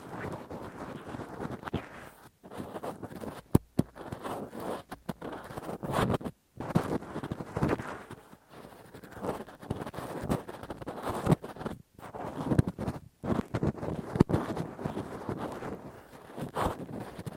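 Rough ear cleaning with a Q-tip and ear pick: dense, continuous scraping and rubbing, broken by brief silent gaps every second or two.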